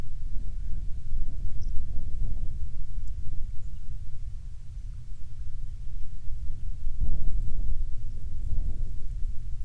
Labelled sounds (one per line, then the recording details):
songbird
wind
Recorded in the Prudhoe Bay oil fields, Alaska, on 21 June 2019 at 09:30
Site 22